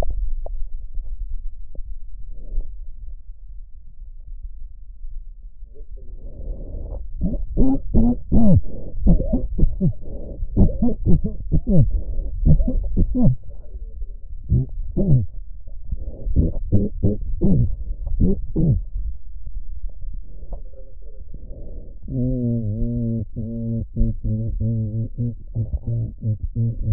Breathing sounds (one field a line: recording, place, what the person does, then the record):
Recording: lung sounds by stethoscope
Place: left posterior basal chest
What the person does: quiet breathing, then cough and speech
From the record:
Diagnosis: pulmonary infection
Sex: male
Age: 86 years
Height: 165 cm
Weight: 65 kg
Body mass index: 23.9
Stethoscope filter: extended mode